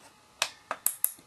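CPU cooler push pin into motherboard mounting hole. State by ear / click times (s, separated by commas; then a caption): seated / 0.9 s, 1.0 s. A corner plastic push pin of a Core i7 stock CPU cooler is pushed into its motherboard mounting hole, making two duller clicks at 0.4 and 0.7 s. These are followed by sharp, high-pitched clicks at 0.9 and 1.0 s as the pin snaps home, and the pin is seated.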